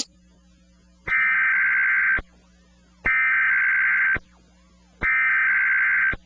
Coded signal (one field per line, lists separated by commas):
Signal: Emergency Alert System (SAME) tones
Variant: header bursts